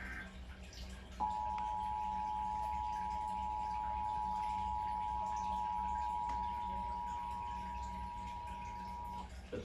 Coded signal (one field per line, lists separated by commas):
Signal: Emergency Alert System (SAME) tones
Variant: 853 and 960 Hz attention tone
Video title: New Jersey Required Monthly Test on WDPN-TV (September 19, 2023) (EAS #876)